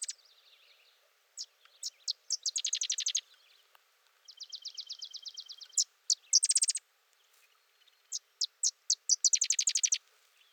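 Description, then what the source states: Sedge wren singing: separated sharp chips run into dry rattling trills, several phrases in a row. Singing close for over 3 minutes.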